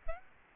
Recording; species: mosquito wingbeat signal from an infrared sensor; Aedes albopictus